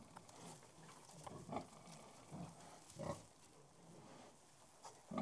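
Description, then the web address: Pig grunting, a few short low grunts scattered over a steady background of shuffling and faint clatter. General atmosphere in a farrowing house. "BBC Sound Effects Library. Gereral Atmosphere Among"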